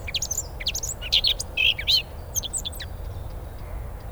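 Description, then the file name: Eurasian blackcap song: a quick, varied warble of high, sharp chirps and twittering notes in bursts over about two seconds, then scattered notes over a low background rumble. "Sylvia atricapilla"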